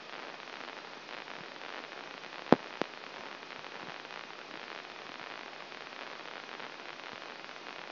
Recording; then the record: brain microelectrode recording played as sound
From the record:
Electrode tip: inside the subthalamic nucleus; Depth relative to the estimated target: -1 mm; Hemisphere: left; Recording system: AlphaMap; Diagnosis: Parkinson's disease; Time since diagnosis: 9 years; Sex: male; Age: 66 years